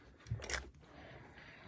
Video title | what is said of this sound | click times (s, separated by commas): Philips Series 8000 BRE740/10 Epilator Shaver - Quick Review | i have some reason it doesn't snap in you have to activate the button to get it in and then you can do it | none